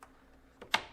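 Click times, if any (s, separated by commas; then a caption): 0.7 s. An M.2 NVMe SSD with its heatsink is slotted into the PS5 expansion bay and pushed toward the person installing it. A faint tick at 0.0 s and a light scrape at 0.6 s come before a sharp, bright snap at 0.8 s. The snap is the drive seating in the slot.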